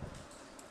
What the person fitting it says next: அவ்வளவுதான் லாக் ஆயிடுச்சு